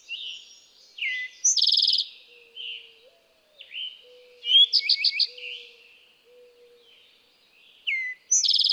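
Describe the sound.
Eastern towhee songs: a downward slur then a rapid buzzy trill, heard twice, with a pulsed phrase between them and other songbirds in the background.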